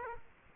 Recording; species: mosquito wingbeat signal from an infrared sensor; Aedes aegypti